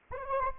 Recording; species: mosquito wingbeat signal from an infrared sensor; Anopheles arabiensis